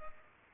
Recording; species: mosquito wingbeat signal from an infrared sensor; Culex pipiens